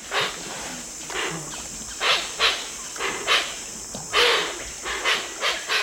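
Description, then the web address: Hoatzin giving hoarse, wheezy hisses in a loose, uneven series of breathy bursts. "birdnote-daily- episodio hoatzin"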